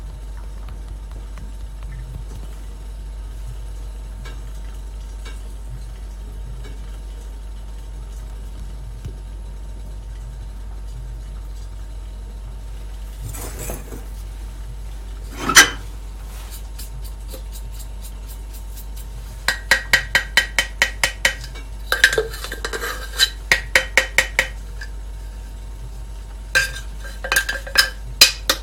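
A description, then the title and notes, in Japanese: Coffee beans roasting, the Mocha Blend, over a steady low hum that runs throughout. After a quiet first half, a couple of rustling bursts arrive around 14 and 16 seconds, then sharp popping cracks break out in quick clusters from about 19 seconds to the end. 今朝は”モカブレンド”を焙煎。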